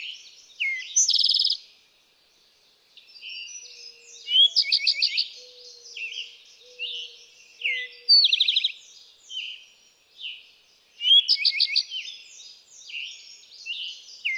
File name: Eastern Towhee